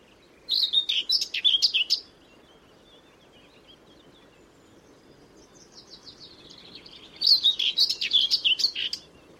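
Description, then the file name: Common whitethroat giving two short scratchy warbling phrases, each about one and a half seconds, separated by a pause of around five seconds with faint twittering. "Fauvette grisette"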